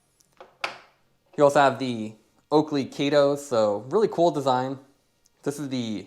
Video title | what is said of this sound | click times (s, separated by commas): Koo Demos Luce Capsule Cycling Sunglasses Review - feat. Oversized Lens + Flexible Temples + Vented | and then locks into place which is a lot simpler than trying to pull the tabs out and remembering where to pull from. | 0.6 s